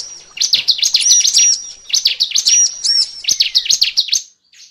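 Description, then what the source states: Lovebird chattering calls, fast shrill chirps run together in three bursts with a thin high whistle threaded through them. Lure sound used to attract lovebirds.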